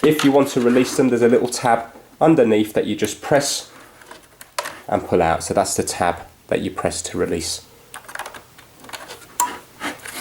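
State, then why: Released. An Ethernet cable plug is released from a network port: the small tab underneath the plug is pressed and the plug is pulled out, with a sharp click at 4.6 seconds. Someone talks before and after, and a few light clicks and rubbing follow.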